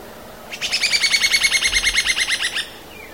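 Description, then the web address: Woodcreeper song, a fast, even trill of many bright, high notes lasting about two seconds, heard over a steady background hiss. "cantos trepacolorado"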